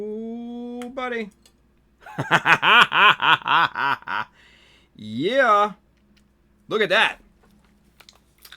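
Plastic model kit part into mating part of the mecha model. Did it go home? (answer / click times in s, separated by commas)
yes / 8.0 s, 8.1 s, 8.5 s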